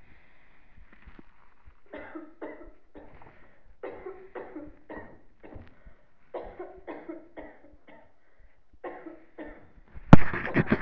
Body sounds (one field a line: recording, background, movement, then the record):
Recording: deep breathing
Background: a bystander coughing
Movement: sitting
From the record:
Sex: male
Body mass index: 23.7 kg/m2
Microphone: on the chest, facing the body